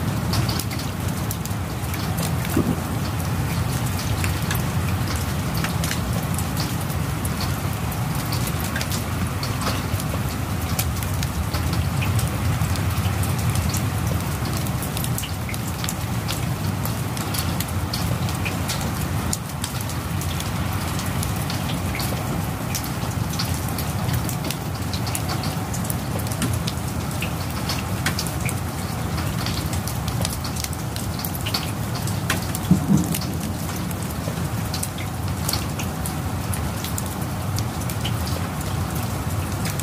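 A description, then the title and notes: Steady rain falls throughout, a dense, even patter with many individual drops ticking brightly against a surface. A low rumble sits underneath the whole time, and the level barely changes, with only a slightly sharper knock near the 33-second mark. Rain.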